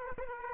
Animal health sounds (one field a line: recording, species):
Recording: mosquito wingbeat signal from an infrared sensor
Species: Aedes aegypti